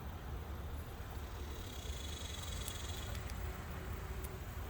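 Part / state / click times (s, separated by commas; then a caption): wire terminals into fuel injector connector housing / not seated / none. Crimped wire terminals are being slid into the rear of a replacement plastic fuel injector connector housing, fitted because the original connector was chewed by rats. Over a steady low rumble, brief sharp handling ticks sound at about 2.7, 3.3 and 4.3 seconds. Nothing has seated or clicked into place yet.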